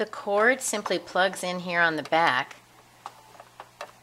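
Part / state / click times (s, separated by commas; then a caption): power cord plug into sewing machine rear socket / not seated / none. Someone talks while the power and foot-pedal cord plug is pushed toward the socket on the back of a Brother XL2600 sewing machine. After the talking stops, a few faint handling taps and rustles are heard near the end. Nothing has seated or clicked yet.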